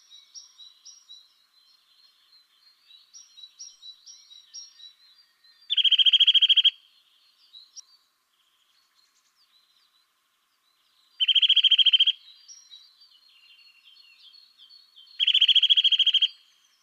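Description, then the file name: Eurasian nuthatch: three rapid, loud trilled bursts spaced several seconds apart, over a background of faint, high, repeated whistled notes. "Sitta europaea"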